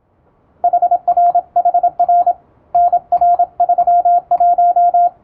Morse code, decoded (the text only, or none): HRHR NR31